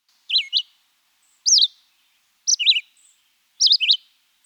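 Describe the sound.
Red-eyed Vireo singing four brief phrases at about one-second intervals, some rising and some falling, in an otherwise quiet background.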